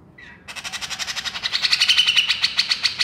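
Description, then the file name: Grey-cheeked Bulbul giving a harsh, rapid chatter of buzzy notes, about four per second, that grows louder and steadier after a brief soft opening note. Female bird. "suara cucak jenggot betina"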